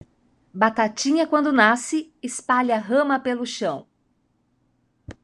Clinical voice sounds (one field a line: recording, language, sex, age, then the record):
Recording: short text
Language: Brazilian Portuguese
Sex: female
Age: 50 to 59 years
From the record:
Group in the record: control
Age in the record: 54 years